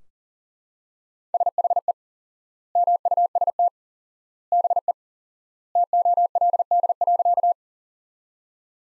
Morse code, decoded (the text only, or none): SHE MUST BE TOLD.